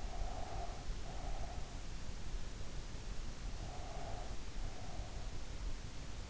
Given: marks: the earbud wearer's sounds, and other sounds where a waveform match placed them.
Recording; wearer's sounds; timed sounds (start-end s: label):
sounds in sleep by an in-ear microphone; breath
0.00-1.60 s: breath
3.57-5.31 s: breath